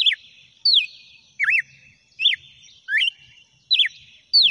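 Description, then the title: Red-cowled cardinal song, clear whistled notes that swoop down and up, given in a brisk series about every three-quarters of a second. "Galo De Campina"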